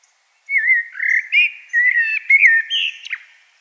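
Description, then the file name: Common blackbird song, a single continuous phrase of mellow, warbled whistles wavering up and down, ending in a brief higher flourish. "Turdus merula"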